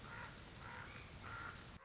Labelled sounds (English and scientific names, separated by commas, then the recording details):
Common Raven (Corvus corax)
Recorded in Sonoma County, California